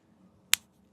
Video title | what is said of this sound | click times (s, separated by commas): Insta360 Flexi Mount - A Closer Look | See? And that actually lets you know that you've you've got that guy locked in. | 0.5 s